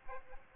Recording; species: mosquito wingbeat signal from an infrared sensor; Aedes aegypti